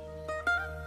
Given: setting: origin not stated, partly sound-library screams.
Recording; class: one-second piece from a danger detection set; normal situation